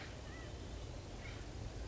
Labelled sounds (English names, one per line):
California Quail